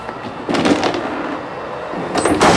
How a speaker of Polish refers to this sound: Niektórzy powiedzą, że starymi wagonami, ale jak się wczytamy tabliczkę pociągu, to jedziemy Retro Istria Express Fonat. Czyli pociągiem retro. Ma takie stare, skrzypiące drzwi.